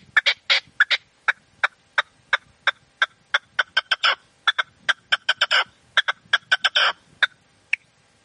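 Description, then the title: Partridge or tinamou song: a long, rapid run of harsh, raspy notes, some doubled into quick rattling bursts, with no other clear sounds. "Canto de Perdiz. CANTO DE LA PERDIZ"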